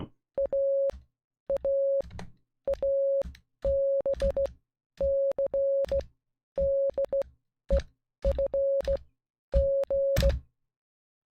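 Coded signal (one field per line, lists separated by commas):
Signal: Morse code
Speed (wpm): 15 wpm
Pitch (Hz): 560 Hz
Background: music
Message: AA ABCDEFG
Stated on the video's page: Morse code practice of alphabet, words and numbers 1-10.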